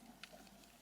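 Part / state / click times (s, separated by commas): ISO wiring harness connector into its mating plug on a car stereo loom / not seated / none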